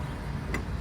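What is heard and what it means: On a 2017 Hyundai Ioniq Hybrid, the old low-beam headlight bulb is twisted counterclockwise in its headlight housing socket against a steady low background hum. A single short, bright click is heard at about 0.6 seconds as the bayonet twist-lock releases, leaving the bulb free to pull out.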